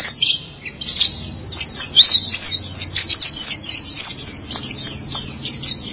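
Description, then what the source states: White-eye song with high, fast twittering and sweeping thin notes, repeated in quick succession after a brief quieter start. Chirping song.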